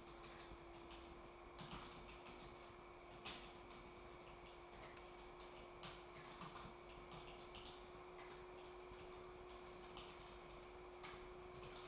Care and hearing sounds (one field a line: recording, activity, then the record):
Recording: daily activity, microphone in the room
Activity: typing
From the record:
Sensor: 1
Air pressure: 1004.5 hPa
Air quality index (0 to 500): 196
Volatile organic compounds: 17 ppm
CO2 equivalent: 2592 ppm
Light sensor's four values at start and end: 4/11/4/4 and 4/11/4/4